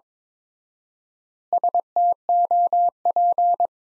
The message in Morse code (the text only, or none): STOP